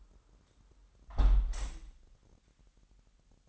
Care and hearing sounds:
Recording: daily activity, microphone in the room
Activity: close window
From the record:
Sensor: 3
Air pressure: 998.5 hPa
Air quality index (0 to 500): 156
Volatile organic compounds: 6 ppm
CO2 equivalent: 1883 ppm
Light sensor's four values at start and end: 16/40/17/19 and 16/38/16/18

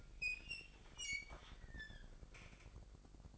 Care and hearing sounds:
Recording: daily activity, microphone in the room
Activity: open fridge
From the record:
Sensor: 5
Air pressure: 1007.9 hPa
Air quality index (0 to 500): 96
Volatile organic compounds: 1 ppm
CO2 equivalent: 754 ppm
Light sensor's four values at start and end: 43/99/42/43 and 45/102/43/45

